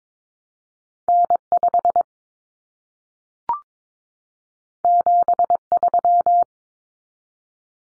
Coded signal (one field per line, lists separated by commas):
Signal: Morse code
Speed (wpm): 22 wpm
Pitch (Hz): 700 Hz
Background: none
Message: N5 73